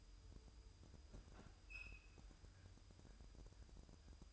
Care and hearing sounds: daily activity, microphone in the room; open fridge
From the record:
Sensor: 2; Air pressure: 988.3 hPa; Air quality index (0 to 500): 190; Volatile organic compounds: 177 ppm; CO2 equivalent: 4132 ppm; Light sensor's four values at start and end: 21/70/27/26 and 21/70/27/26

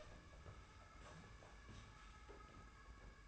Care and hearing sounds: daily activity, microphone in the room; open door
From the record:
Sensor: 2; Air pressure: 991.5 hPa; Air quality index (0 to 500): 146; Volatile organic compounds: 354 ppm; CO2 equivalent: 4591 ppm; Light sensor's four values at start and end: 31/94/37/34 and 31/93/36/34

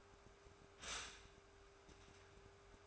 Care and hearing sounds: daily activity, microphone in the room; stop toaster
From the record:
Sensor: 2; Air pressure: 1014.6 hPa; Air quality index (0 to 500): 198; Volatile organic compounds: 21 ppm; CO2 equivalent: 2715 ppm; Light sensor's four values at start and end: 3/9/3/3 and 3/9/3/3

